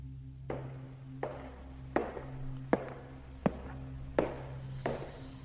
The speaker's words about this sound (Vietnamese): Lúc này bên tai của hắn lại truyền đến tiếng bước chân.